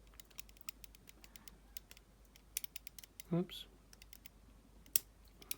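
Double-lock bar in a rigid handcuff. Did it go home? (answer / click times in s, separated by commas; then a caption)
yes / 5.0 s. A hairpin pick works at the double-lock bar of a rigid British police handcuff, making a run of light ticks and scrapes while someone briefly talks after a fumble. The pick goes in again and the double lock engages with a sharp click at 5.0 s, leaving the cuff double locked.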